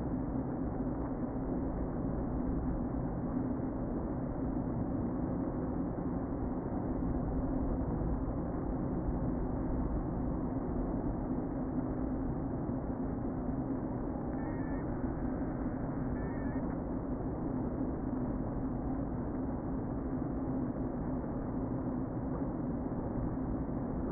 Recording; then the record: honeybee colony, microphone inside the hive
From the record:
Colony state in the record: queen present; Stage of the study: before two queens were removed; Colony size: about 60,000 bees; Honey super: yes